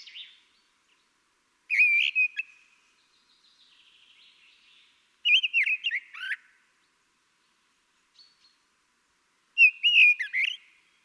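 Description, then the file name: Common blackbird singing three separate mellow, whistled phrases with high squeaky codas, spaced by quiet pauses, a faint trill between the first two. "Turdus merula"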